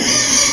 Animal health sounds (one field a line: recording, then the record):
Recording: squeal of a Yucatan mini pig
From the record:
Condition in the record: before surgery on the right vocal fold (resection and tissue-engineered implant)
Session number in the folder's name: 2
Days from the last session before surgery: 0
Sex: male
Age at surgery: 12 weeks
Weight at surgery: 13 kg